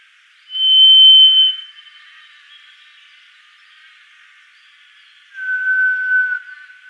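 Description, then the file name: White's thrush gives a sustained high whistle, then after a long pause a lower whistled note. "Drozd pestryj"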